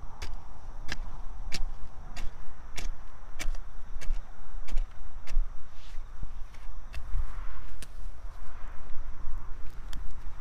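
Garlic is being planted outdoors on an autumn evening, with sharp, crisp strikes like a tool working soil repeating at a steady pace about every half second. A thin, constant insect trill sits high above, while distant traffic rumbles low throughout.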